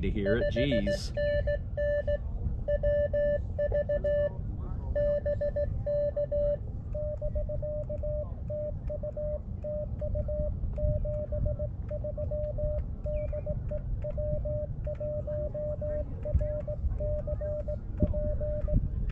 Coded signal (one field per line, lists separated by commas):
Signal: Morse code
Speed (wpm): 18 wpm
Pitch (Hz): 600 Hz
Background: speech, radio noise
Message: 5NN WV BK <BK> TU TU 73 DE W1RCP